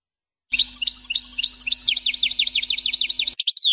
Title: Chant Chardonneret